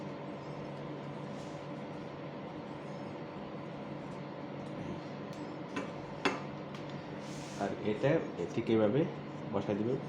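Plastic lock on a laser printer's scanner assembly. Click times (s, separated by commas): 6.3 s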